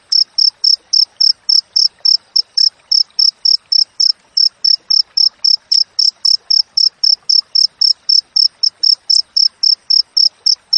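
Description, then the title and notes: Cricket chirping, a steady train of short high-pitched pulses repeated about four times a second, with faint scattered background sounds beneath. Wild cricket chirping with close spacing between chirps, used as tutor audio for training songbirds and to repel rats. "Masteran Jangkrik Alam Jernih, Jeda Rapat Cocok Untuk Masteran Burung Dan Mengusir Tikus. suara jangkrik"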